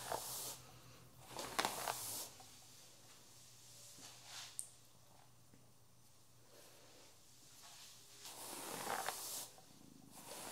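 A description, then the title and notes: A haircut with no talking: soft bursts of hissing, brushing sound come and go, at the start, around two seconds, and a longer swell near nine seconds. A single sharp snip lands near the middle, over a low, steady hum and quiet gaps. Haircut Real Hair and No Talking.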